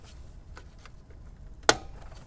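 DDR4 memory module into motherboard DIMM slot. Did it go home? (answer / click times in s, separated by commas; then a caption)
yes / 1.7 s. A DDR4 memory module resting in a motherboard DIMM slot of a Dell Precision T3620 Tower Workstation, not yet fully seated, is pressed down until the slot's retention tabs snap shut. Faint ticks are heard at 0.6 s and 0.9 s, then a sharp, loud click at 1.7 s. The click shows the module is fully seated.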